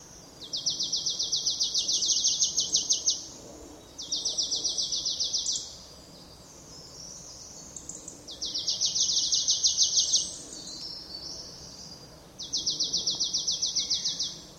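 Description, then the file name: Marsh tit calls: four long, rapid, buzzy bursts of notes with short pauses between them. "Poecile palustris"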